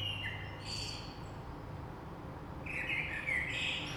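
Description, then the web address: Common blackbird song: a warbled phrase at the start and another beginning near the end, over steady low background rumble. Recorded 3 March 2020. "oiseaux Rush Merle 3-3-2020"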